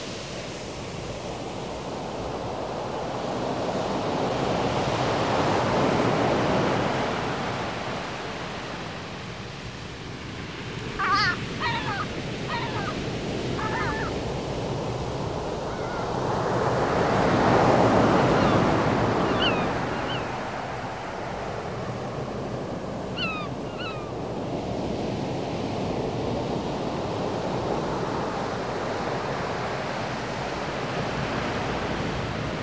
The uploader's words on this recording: Peaceful ocean surf.